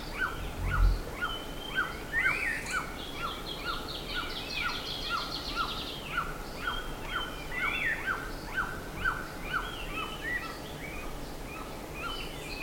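Bird calls: a short downslurred note repeated many times, with higher trills and chirps from other birds over a low rumble.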